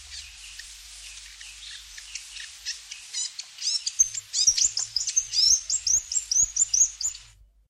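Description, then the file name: New Zealand fantail song: soft scratchy twittering that turns into a steady run of loud, high rising chirps, repeated quickly until it stops. "piwakawaka"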